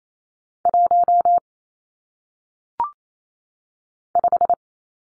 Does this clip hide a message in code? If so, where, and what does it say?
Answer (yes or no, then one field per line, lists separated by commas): yes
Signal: Morse code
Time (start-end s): 0.7-4.5 s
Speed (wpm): 28 wpm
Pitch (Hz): 700 Hz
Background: none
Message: 1 5